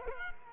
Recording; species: mosquito wingbeat signal from an infrared sensor; Culex quinquefasciatus